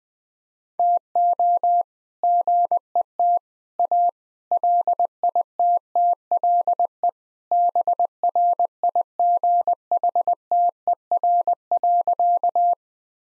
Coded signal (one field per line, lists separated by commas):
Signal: Morse code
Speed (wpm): 20 wpm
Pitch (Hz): 700 Hz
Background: none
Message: TO GET A LITTLE BRIGHTER.